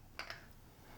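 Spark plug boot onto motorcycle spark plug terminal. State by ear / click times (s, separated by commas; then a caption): seated / 0.2 s. After dielectric grease is put around the terminal, a rubber spark plug boot is pushed onto a motorcycle spark plug terminal. A sharp click is heard at 0.2 s, followed by a softer second click at 0.3 s. The boot is seated on the plug.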